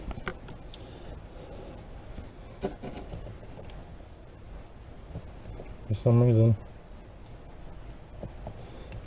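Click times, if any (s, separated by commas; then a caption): none. Someone twists the HVAC blower motor into its housing under the dash of a 2006 Torrent, making faint scraping and handling noises with a few small ticks near the start while someone talks. A brief, loud, low humming tone sounds around 6.0 to 6.5 seconds. The motor has not clicked or seated into the housing yet.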